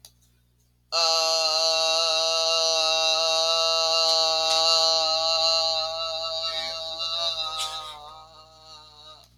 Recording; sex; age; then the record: vowel held as long as possible; female; 30 to 39 years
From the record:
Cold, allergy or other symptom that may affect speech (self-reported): no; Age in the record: 37 years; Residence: Tennessee, United States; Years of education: 12